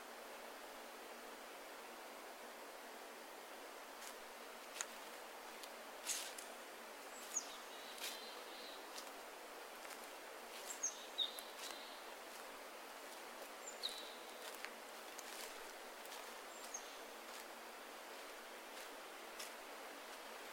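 Forest wind and rustling trees form a steady, even hiss with almost no low rumble. From about four to seventeen seconds, scattered dry crackles like falling or stirred leaves pop through, joined by a few brief, high chirps between seven and fifteen seconds.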